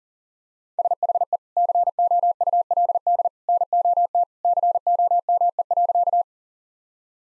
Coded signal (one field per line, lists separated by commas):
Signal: Morse code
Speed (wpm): 37 wpm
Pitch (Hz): 700 Hz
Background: none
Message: SHE COULD NOT COME.